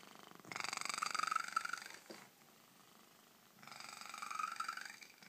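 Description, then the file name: Cat purring, a loud rumbling purr in two long bursts, each with a rising tonal hum, separated by a quiet pause. Very loud purring. "Cat purrs very loud-Mikkel Pedersen"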